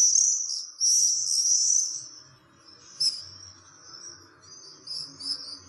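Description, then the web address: Common swift screaming, a long harsh shrill burst followed by shorter scattered screeches that fade and return. "fuglelyder taarnseiler"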